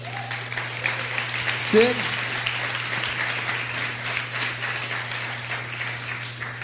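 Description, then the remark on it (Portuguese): A crowd breaks into steady applause for Jesus, many hands clapping in a dense, sustained wash of noise that holds for several seconds, with a brief vocal whoop early on and a low steady hum underneath. “Vamos dar salva de palmas para Jesus?”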